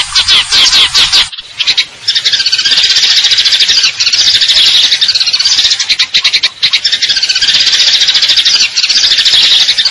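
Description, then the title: Eurasian tree sparrow song, opening with short chirpy bursts, then long dense buzzy trills held for several seconds at a time. Fighting call with long trills and clear sound, used to train contest birds. "GEREJA TARUNG NEMBAK PANJANG SUARA JERNIH MASTERAN WAJIB BURUNG LOMBA"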